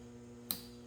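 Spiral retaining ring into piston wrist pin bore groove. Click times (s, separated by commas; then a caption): 0.5 s. A steel spiral retaining ring is installed into the groove in a piston's wrist pin bore to hold a full floating wrist pin. Over a steady low hum, one short, sharp snap is heard at 0.5 s. The ring is seated in its groove.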